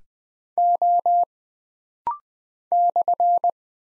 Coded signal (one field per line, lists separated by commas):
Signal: Morse code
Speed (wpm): 20 wpm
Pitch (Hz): 700 Hz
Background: none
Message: O /